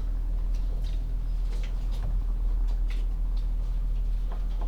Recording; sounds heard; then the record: poultry house recording; sick chickens (respiratory disease)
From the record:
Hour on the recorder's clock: 10